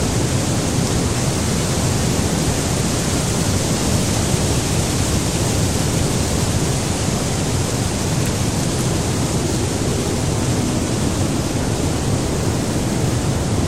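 Wind blows over a grassy field in a steady, dense rush that holds the same level for the whole clip. The sound is full and low, with a rumbling, buffeting churn underneath and a constant airy hiss on top, and no distinct events stand out.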